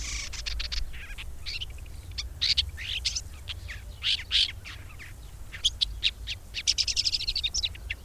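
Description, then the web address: Red-backed shrike giving a continuous scratchy, chattering warble of rapid clicking and squeaky notes, speeding into quick ticking runs near the end, over steady low background noise. "agykontroll Madardalok Cd 2. Tövisszúró gébics"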